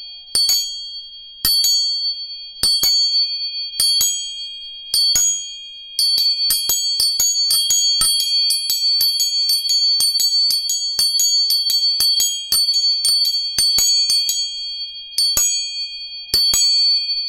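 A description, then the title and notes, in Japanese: Three tuning forks are struck again and again with bright metallic taps, their pure high tones ringing steadily underneath, strikes quickening midway. 音叉チューニング3本。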